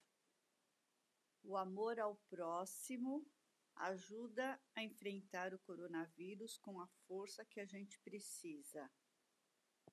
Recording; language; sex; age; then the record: spoken sentence; Brazilian Portuguese; female; 50 to 59 years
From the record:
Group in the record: control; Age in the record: 58 years